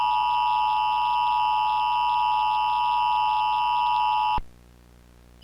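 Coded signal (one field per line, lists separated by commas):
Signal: Emergency Alert System (SAME) tones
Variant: 853 and 960 Hz attention tone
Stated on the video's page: Simulated EAS mock with valid SAME tones, cable company style.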